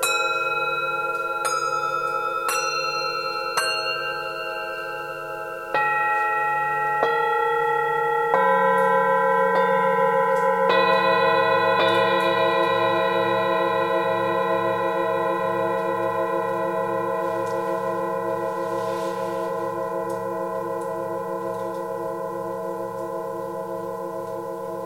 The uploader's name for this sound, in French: concert de bols tibetains dans une grotte